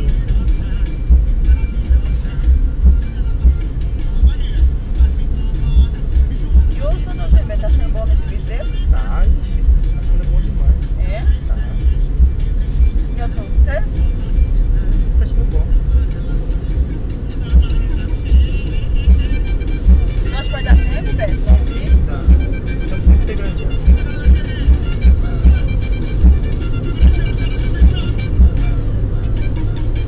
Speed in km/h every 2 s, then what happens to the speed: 46, 41, 41, 42, 39, 39, 43, 57, 65, 69, 77, 80, 87, 87, 84.
0-10 steady at about 41. 10-24 speeds up to 87. 24-30 steady at about 87.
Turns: none.